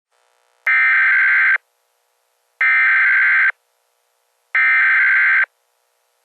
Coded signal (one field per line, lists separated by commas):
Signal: Emergency Alert System (SAME) tones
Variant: header bursts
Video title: Ghost EAS (Sound Version)